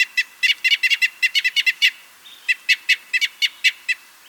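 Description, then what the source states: Crossbill giving a rapid series of hard, clipped 'kip' notes, with a brief gap near the middle. Comparison of crossbill call types 3 and 8.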